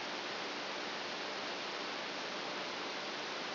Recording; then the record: brain microelectrode recording played as sound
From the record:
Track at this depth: outside the subthalamic nucleus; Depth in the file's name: 0.444 mm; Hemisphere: left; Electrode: 2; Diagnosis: Parkinson's disease